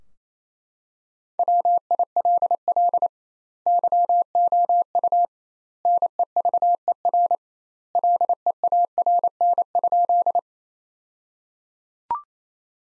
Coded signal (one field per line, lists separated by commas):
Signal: Morse code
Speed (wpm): 28 wpm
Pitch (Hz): 700 Hz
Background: none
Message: WILL YOU NEVER LEARN?